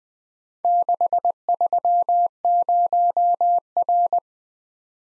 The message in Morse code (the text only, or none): 630R